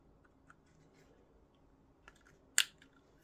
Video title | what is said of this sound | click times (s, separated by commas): Action Army AAP-01 Disassembly/Reassembly Guide | and you'll hear it pop in when it does | 2.6 s